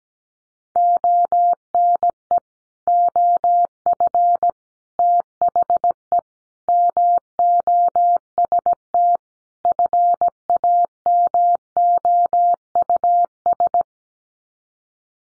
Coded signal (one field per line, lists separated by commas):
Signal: Morse code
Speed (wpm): 17 wpm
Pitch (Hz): 700 Hz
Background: none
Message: ONE OF THE MOST FAMOUS